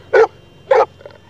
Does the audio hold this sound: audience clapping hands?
no